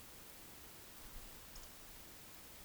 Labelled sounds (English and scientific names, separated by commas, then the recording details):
Eurasian Woodcock (Scolopax rusticola) whistle, Eurasian Woodcock (Scolopax rusticola) croak
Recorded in Baden-Württemberg, Germany, on 31 May 2021 at 20:03 UTC
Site 20675, 466 m above sea level